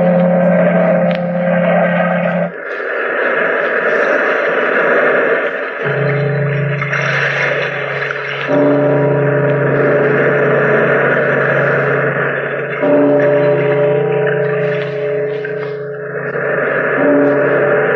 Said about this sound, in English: Bellkeeper, toll the bell!